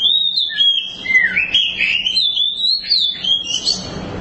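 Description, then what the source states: Oriental magpie-robin song: continuous warbled whistling, slurring up and down through high notes without a break. Long-duration song.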